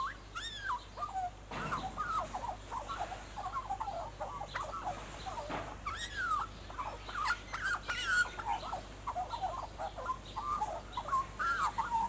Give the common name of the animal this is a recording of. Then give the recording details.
Australian Magpie. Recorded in captivity. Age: adult. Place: Zoo Berlin, Berlin, DE. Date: 2004-05-24 13:50. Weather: overcast, 13°C. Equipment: Sony WM-D6C, Sennheiser ME 80, Kopie Uher 4000 Report Monitor. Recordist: Tembrock, Günter